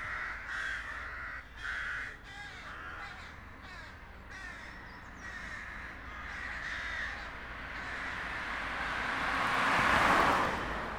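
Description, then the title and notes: Crows caws at the start, harsh and repeated, then a car passes loudly and drowns the birds toward the end. Crows in a small park near the Rhine bank, Josef-Bueb-Straße, Breisach am Rhein, Germany, with street noise. "Josef-Bueb-Straße, 79206 Breisach am Rhein, Deutschland - Krähen und Straßenlärm. Kleiner Park nähe Rheinufer. Straßen- und Krähenlärm"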